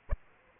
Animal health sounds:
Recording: mosquito wingbeat signal from an infrared sensor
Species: Aedes aegypti

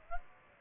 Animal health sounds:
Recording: mosquito wingbeat signal from an infrared sensor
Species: Aedes aegypti

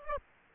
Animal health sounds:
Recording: mosquito wingbeat signal from an infrared sensor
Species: Aedes aegypti

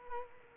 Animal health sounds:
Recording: mosquito wingbeat signal from an infrared sensor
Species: Culex quinquefasciatus

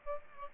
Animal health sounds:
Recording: mosquito wingbeat signal from an infrared sensor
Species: Aedes aegypti

